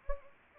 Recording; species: mosquito wingbeat signal from an infrared sensor; Anopheles arabiensis